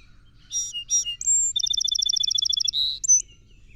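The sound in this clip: Song Sparrow song: two rich introductory notes, a high whistle, a long rapid trill, a buzzy slurred note and one short closing note.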